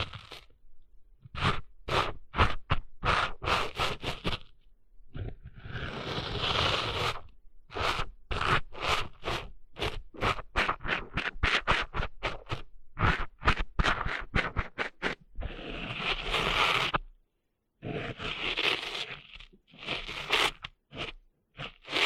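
Rustling, scraping sand, made in quick bursts of gritty strokes separated by brief silences. Dense runs of short scratches alternate with longer hissing swishes around 5–7 and 15–17 seconds, with a short pause near 17 seconds before the scraping resumes.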